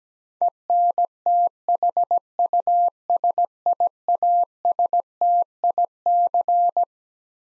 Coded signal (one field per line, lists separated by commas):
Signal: Morse code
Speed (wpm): 17 wpm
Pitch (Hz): 700 Hz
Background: none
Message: ENTHUSIASTIC